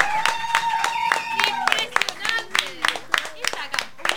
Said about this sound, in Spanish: ¡Muy bien! ¡Que aplauda al piso!